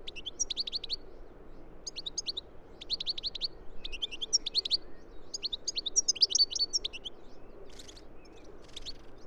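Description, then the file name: European goldfinch calls, bright tinkling twitters in quick clusters about once a second, liquid and chattering over a low background hum. "Carduelis carduelis"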